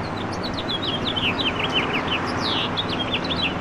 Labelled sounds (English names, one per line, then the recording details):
House Finch song
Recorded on Long Island, New York, on 20 April 2012
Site FP
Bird A